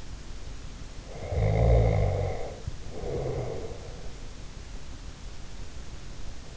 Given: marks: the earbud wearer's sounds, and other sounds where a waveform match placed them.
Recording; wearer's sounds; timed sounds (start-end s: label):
sounds in sleep by an in-ear microphone; snoring breath
1.13-3.99 s: snoring breath